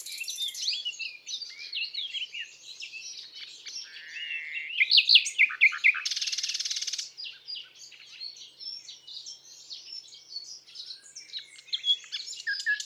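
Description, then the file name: Common nightingale song: dense, jumbled high phrases of chirps and slurred whistles, with a harsh buzzy burst near the middle before the varied song resumes. "Rossignol philomele"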